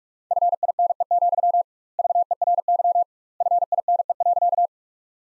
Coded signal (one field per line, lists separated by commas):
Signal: Morse code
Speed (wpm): 43 wpm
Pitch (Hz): 700 Hz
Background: none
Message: FINE, VERY FINE.